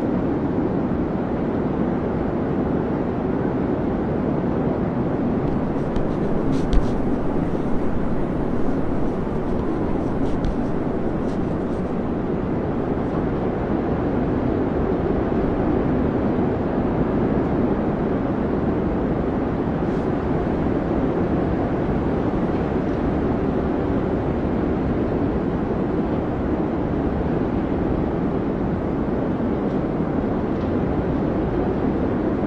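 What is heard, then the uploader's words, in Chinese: Strong wind roars steadily for the whole stretch, a dense low rumble with a rough, buffeting texture and little change in level. Between about 5 and 12 seconds faint high ticks and a thin whistle ride above it, with a brief sharper knock near 7 seconds. 大风天气｜白噪音｜室内学习氛围音。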